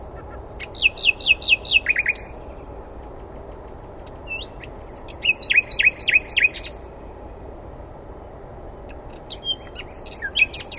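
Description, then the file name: Common nightingale singing short bursts of rapid, sharp descending notes separated by pauses, with a brief clicking phrase near the end. "Luscinia megarhynchos"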